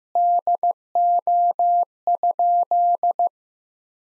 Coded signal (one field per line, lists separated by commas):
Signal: Morse code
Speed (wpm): 16 wpm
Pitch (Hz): 700 Hz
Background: none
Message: DO?